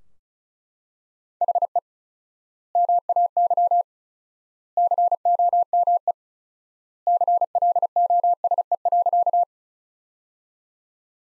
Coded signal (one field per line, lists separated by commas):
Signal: Morse code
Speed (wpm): 34 wpm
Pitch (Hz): 700 Hz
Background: none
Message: HE MAY COME CLOSE.